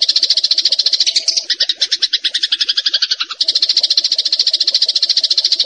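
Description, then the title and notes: Bar-winged prinia singing a fast, harsh series of repeated high notes, the rhythm loosening briefly in the middle before the dense chattering resumes. Songs used for training caged songbirds (masteran). "Suara Ciblek Prenjak Cocok Untuk Masteran. Kicau Burung Prenjak Ciblek"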